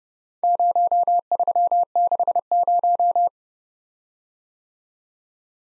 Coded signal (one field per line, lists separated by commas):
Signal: Morse code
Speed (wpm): 28 wpm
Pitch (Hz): 700 Hz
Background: none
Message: 0360